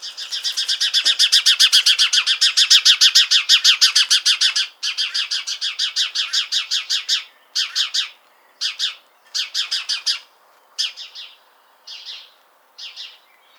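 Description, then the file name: House sparrow chatter: a long fast rattling series of harsh notes that breaks into shorter bursts and single chirps, fading toward the end. "Passer domesticus"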